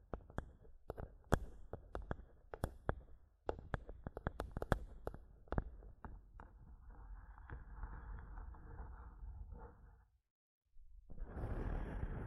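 Sharp mic taps knock irregularly for six seconds, then give way to steady scratching, a brief silence near ten seconds, and louder rough rubbing.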